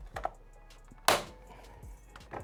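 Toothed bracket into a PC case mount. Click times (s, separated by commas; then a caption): 1.1 s. A part with teeth is dropped into its mount in a Corsair FRAME 4000D PC case and pressed down, with a couple of light taps near 0.2 and 0.3 s. A sharp, bright click at 1.1 s shows the toothed bracket seated in place.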